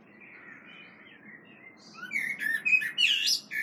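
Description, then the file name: Common blackbird song opening with a soft, quiet warble, then louder fluty notes breaking into high, rising, scratchy twitters near the end. "Turdus merula"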